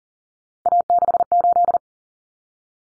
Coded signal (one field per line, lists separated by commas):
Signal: Morse code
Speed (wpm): 40 wpm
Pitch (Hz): 700 Hz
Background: none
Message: A68